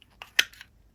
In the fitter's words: there we go and we now have a button that goes all the way up making sure this will lock into place properly